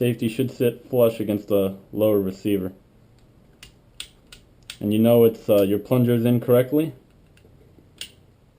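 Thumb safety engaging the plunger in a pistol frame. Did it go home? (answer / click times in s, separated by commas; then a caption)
yes / 8.0 s. Someone talks while the thumb safety is reinstalled on the lower frame of a KWA 1911 MKII airsoft pistol, with a few small clicks and taps from handling between about 3.6 and 4.7 seconds. The safety is flicked up and clicks into place against its plunger at 8.0 s, seating correctly and staying up.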